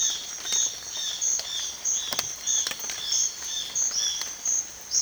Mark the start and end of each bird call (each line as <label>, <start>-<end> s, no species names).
bird call, 0.00-5.02 s